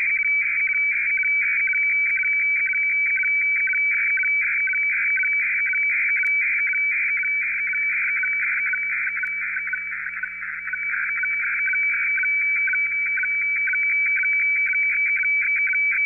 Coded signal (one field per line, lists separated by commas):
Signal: weather fax (radiofax)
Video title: Sorcerer decodes HF WX Fax